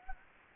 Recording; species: mosquito wingbeat signal from an infrared sensor; Anopheles gambiae